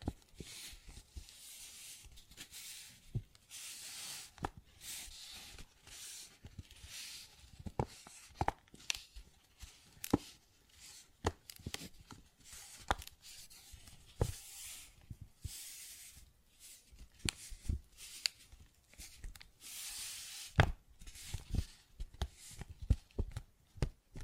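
Tapping and scratching on a paper bag: irregular sharp taps scattered throughout, with bursts of bright, crinkly scraping that come and go.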